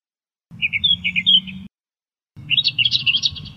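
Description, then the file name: Australian reed warbler song: a short series of harsh, chirping notes, a pause, then a faster, jumbled run of churring and chattering syllables. Bird song. "suara-kicauan-burung-kerakbasi-australia-3-omkicau"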